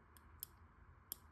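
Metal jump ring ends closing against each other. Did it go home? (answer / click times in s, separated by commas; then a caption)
yes / 0.4 s, 1.1 s. A small metal jump ring is twisted closed with pliers until its two cut ends meet, giving a good solid close. Two sharp, bright clicks ring out at 0.4 s and 1.1 s as the ring's ends snap together, with a fainter tick just before at 0.2 s. The ring is closed.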